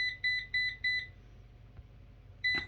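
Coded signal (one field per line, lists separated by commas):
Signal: beep code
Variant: Eufy RoboVac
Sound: four short high beeps in quick succession, pause, then another beep begins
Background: quiet room hum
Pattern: 4 short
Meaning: Battery power reads too low, suggesting a faulty battery despite full charge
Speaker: which has an error that when it's fully charged on its dock it will beep four times and throw a red light there you go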